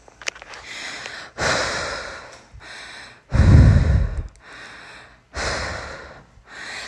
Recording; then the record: deep breathing after running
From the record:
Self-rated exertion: moderate exertion (3 of 6); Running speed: 5 miles an hour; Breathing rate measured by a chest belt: 15 breaths a minute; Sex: female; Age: 18 years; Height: 171 cm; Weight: 75 kg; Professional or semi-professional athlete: no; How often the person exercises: 1 to 2 times a week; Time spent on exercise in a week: under 1 hour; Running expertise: no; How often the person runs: 1 to 2 times a week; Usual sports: running, fencing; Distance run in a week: 3 km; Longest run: 21.3 km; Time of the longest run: 190 minutes